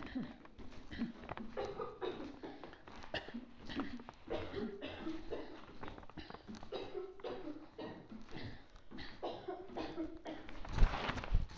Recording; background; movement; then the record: throat clearing; a bystander coughing; walking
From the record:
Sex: female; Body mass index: 25.5 kg/m2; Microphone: on the chest, facing outward